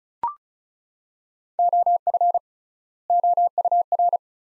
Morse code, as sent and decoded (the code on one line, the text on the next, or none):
--- ..-. / --- ..- .-.
OF OUR